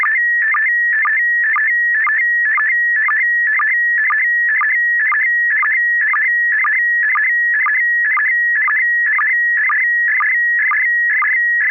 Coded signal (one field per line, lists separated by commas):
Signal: SSTV (slow-scan television)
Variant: PD 120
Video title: N6NA SSTV Net - 06/12/2024